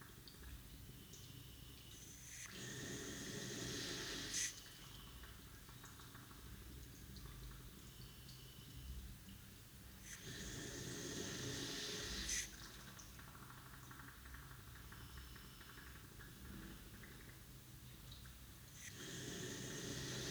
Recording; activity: daily activity, guitar pickup as the sensor; flush